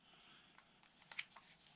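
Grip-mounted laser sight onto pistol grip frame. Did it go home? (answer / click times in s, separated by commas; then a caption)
yes / 1.1 s, 1.2 s. A polymer Crimson Trace LG496 laser grip, with its batteries installed, is slid onto the grip frame of a Springfield XD Mod 2 pistol (9, 40, 45, 357). After soft sliding scrapes and light taps near 0.6 and 0.8 seconds, two sharp clicks at 1.1 and 1.2 seconds mark it snapping into place. A faint tap follows at 1.4 seconds, and the laser grip is seated on the frame.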